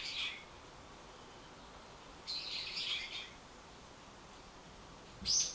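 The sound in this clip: Bird uttering three brief, harsh, high calls spaced a couple of seconds apart.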